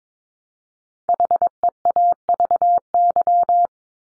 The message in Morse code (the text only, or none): HEAVY